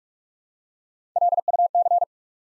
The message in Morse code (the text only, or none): LUC